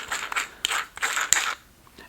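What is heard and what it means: A drill bit is pushed straight into a drill's quick-change chuck, which locks it without any tightening. Bursts of ratchet-like mechanical clatter come in pulses, and a sharp click at 1.3 s marks the bit catching and locking into place.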